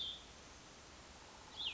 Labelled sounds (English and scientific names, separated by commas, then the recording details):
Cassin's Vireo (Vireo cassinii)
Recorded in Sonoma County, California